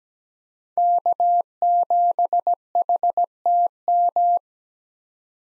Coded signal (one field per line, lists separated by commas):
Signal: Morse code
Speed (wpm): 17 wpm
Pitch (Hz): 700 Hz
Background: none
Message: K7HTM